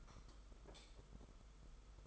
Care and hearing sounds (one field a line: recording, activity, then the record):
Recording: daily activity, microphone in the room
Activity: light off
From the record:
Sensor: 5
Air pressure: 991.2 hPa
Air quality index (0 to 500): 107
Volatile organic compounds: 23 ppm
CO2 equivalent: 2794 ppm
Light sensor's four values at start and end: 19/48/19/21 and 18/43/17/19